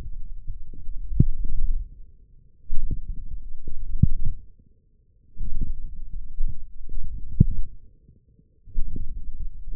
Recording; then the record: forearm muscle sounds (acoustic myography)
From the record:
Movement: forearm pronation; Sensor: system 1, eight BSWA MPA416 microphones around the upper forearm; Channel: 8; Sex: male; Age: 20 years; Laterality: left